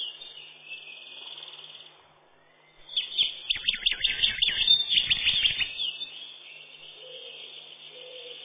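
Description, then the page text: Eurasian wren song with a quiet, thin opening, then a vigorous few seconds of rapid, rattling high notes before fading; a faint low warble appears near the end. "Крапивник, или подкоренник, орешек (лат. Troglodytes troglodytes)"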